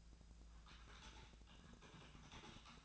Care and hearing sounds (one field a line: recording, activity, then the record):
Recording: daily activity, microphone in the room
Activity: typing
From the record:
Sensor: 2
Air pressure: 1000.0 hPa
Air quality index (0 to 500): 129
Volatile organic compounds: 2 ppm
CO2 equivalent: 1105 ppm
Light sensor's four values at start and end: 25/63/27/30 and 25/62/27/30